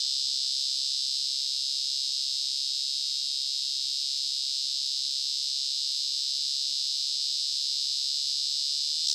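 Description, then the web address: Walker's cicada song: a steady, high, shrill buzzing drone held without a break throughout. "The Songs of Insects. Walker's Cicada"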